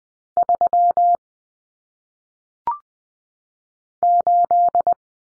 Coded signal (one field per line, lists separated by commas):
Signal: Morse code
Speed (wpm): 20 wpm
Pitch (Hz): 700 Hz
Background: none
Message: 3 8